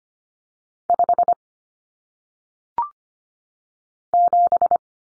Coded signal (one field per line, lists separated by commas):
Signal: Morse code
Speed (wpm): 25 wpm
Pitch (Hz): 700 Hz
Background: none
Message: 5 7